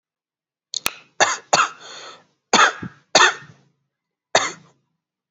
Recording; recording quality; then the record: shallow voluntary cough; excellent, no background noise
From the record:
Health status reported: exposed to COVID-19, no respiratory illness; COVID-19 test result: not tested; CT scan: not taken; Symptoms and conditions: none ticked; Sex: male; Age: 20 years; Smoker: no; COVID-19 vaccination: both doses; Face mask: not worn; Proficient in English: yes